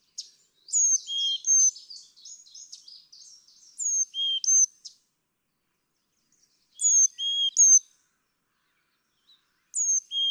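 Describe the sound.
Carolina chickadee whistling its song, pure high and lower notes in alternation, repeated several times with gaps of a few seconds, with a busy twittering chatter early on.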